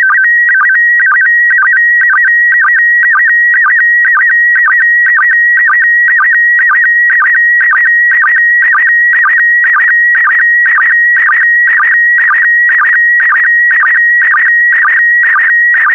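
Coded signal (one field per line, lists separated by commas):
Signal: SSTV (slow-scan television)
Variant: PD120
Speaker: complete you can now check your decoded image against the picture that is shown on the video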